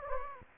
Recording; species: mosquito wingbeat signal from an infrared sensor; Anopheles gambiae